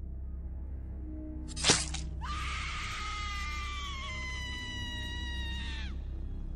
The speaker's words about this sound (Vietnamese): Bên trong căn phòng kín, một tiếng thét kinh hoàng vang lên rồi ngất lịm.